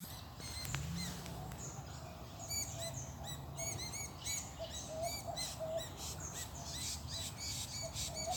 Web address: sound Dusky-myzomela. صدای-پرنده-عسل-خوار-قهوه-ای